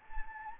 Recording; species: mosquito wingbeat signal from an infrared sensor; Anopheles gambiae